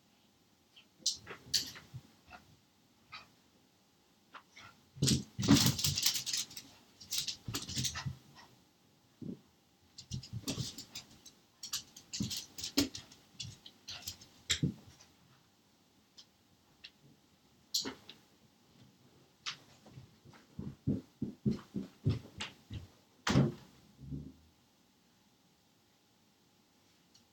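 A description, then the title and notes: A dog runs around on a floor indoors, its paws making irregular bursts of patters, thumps and scrapes. The busiest scrambling comes around five to seven seconds and again near twenty-three seconds, with quiet gaps and scattered clicks between. Living room feat. my dog. Recording setup: MacBook placed on dining table. Recorded on audacity. The most significant sound is my dog running around on the floor. Half of the living room has wooden flooring.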